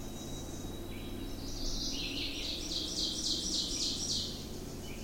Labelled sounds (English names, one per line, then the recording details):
Ovenbird song
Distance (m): 35 m
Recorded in boreal forest in Alberta, Canada, on 20 June 2016 at 06:41
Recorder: SongMeter 3, array SBT-6-81
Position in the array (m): 43 m, 303 m
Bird 26